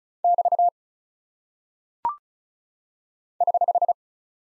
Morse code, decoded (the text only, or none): <BT> <HH>